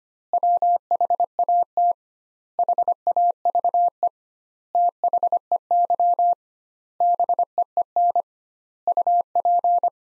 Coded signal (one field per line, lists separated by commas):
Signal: Morse code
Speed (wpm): 25 wpm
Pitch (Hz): 700 Hz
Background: none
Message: WHAT HAVE THEY BEEN UP